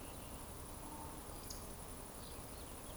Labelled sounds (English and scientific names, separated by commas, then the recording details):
Eurasian Woodcock (Scolopax rusticola) whistle
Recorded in Baden-Württemberg, Germany, on 25 June 2020 at 20:01 UTC
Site 24578, 122 m above sea level